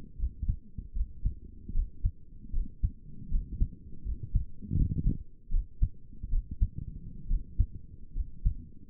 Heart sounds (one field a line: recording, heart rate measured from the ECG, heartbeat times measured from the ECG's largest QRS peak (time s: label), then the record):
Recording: heart sounds by stethoscope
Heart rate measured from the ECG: 75 bpm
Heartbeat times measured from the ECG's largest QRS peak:
0.19 s: heartbeat
0.96 s: heartbeat
1.74 s: heartbeat
2.53 s: heartbeat
3.31 s: heartbeat
4.05 s: heartbeat
4.77 s: heartbeat
5.52 s: heartbeat
6.31 s: heartbeat
7.29 s: heartbeat
8.15 s: heartbeat
From the record:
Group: healthy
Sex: male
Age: 22 years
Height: 181 cm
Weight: 79 kg